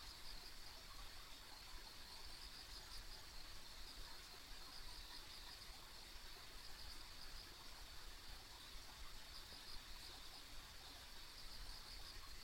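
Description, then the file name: Insects in a high, constant chorus, with clusters of brighter trilling pulses recurring every few seconds and soft low hum beneath. Ambient insect sounds on a country road. "田舎道の虫の環境音"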